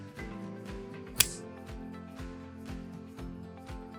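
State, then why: Seated. A rear plastic hubcap on a Radio Flyer Extreme Drift Go-Kart is aligned with the key feature on the rear wheel and pressed in, since it won't snap into place unless aligned. Over steady rhythmic music, a single sharp snap sounds at 1.2 s as the hubcap seats onto the wheel.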